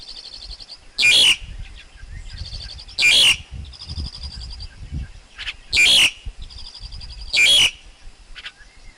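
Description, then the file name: Black-collared Starling song: four loud harsh squawking bursts at uneven intervals, separated by softer buzzy trills. Wild forest bird's song, used for teaching young birds to sing. "Tieng chim ca cuong rung tap chim con hot"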